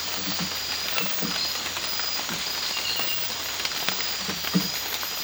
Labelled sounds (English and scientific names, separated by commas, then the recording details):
none
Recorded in secondary vegetation near Puerto Asís, Putumayo, Colombia, on 8 March 2025 at 03:00
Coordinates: 0.498, -76.327
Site G001